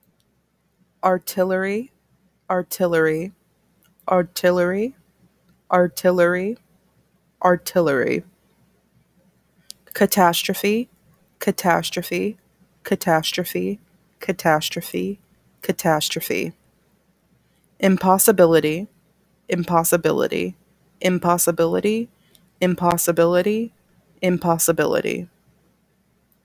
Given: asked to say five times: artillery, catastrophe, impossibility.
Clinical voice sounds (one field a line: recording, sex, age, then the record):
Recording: three words, each repeated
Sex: female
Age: 20 to 29 years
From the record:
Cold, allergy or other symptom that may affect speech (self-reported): no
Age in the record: 24 years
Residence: New York, United States